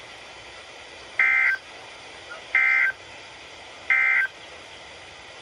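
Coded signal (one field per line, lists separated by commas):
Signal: Emergency Alert System (SAME) tones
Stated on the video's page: Weather radio alerts from several stations in Illinois, Indiana, Ohio and Kentucky.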